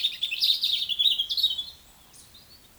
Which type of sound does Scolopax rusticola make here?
whistle, croak